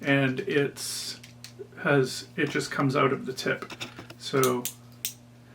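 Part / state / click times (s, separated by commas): retractable blade in utility knife body / seated / 5.0 s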